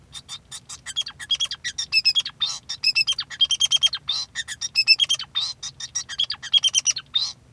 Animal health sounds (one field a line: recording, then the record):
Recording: song of a male Bengalese finch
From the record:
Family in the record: son of father 2